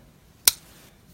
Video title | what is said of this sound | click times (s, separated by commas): Mikov Swiss Army Style Knives | It's got a decent enough snap, at least. | 0.5 s